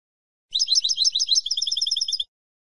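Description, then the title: European goldfinch song with jumbled twittering at first, then an even, rapid string of bright repeated notes. "Jilguero"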